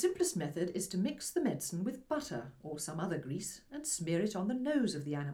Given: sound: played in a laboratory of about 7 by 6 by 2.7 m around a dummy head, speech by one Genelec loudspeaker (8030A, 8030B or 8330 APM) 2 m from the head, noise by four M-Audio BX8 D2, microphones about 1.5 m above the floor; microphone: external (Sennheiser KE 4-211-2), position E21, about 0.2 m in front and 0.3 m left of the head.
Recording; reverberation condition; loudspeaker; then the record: female speech in English; low; 90 degrees to the left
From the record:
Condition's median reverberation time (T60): about 310 ms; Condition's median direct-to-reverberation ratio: about 3.5 dB